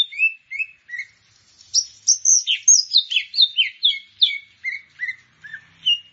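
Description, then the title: Grey-cheeked bulbul song of rapid, varied whistled notes, many sharply falling or rising, delivered in a fast chattering sequence that builds and then trails off. "Kicau Burung Cucak Jenggot"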